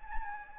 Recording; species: mosquito wingbeat signal from an infrared sensor; Anopheles gambiae